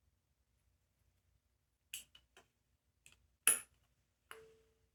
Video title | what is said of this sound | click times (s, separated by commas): Honda CB350 Engine Rebuild | Snaps into place. | 3.5 s